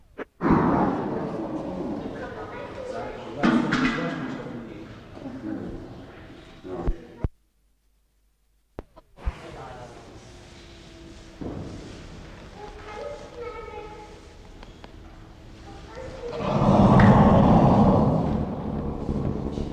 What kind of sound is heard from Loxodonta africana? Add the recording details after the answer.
growling. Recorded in captivity. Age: subadult. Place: Zoo Hannover, Niedersachsen, DE. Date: 1960-05-17 18:45. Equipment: Reporter, Vollspur. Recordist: Tembrock, Günter